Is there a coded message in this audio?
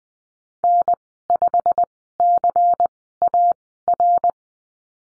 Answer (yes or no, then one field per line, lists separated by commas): yes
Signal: Morse code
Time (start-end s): 0.6-4.3 s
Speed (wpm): 20 wpm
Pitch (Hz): 700 Hz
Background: none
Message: N5CAR